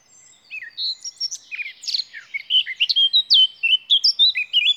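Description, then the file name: Eurasian blackcap singing a rapid jumble of varied chirps and squeaky notes, then a stronger run of loud, rich whistled phrases near the end. "Sylvia atricapilla"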